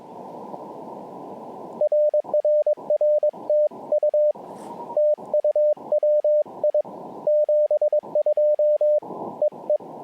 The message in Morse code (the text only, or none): RRR TU TU WI 72 EE